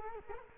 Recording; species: mosquito wingbeat signal from an infrared sensor; Culex quinquefasciatus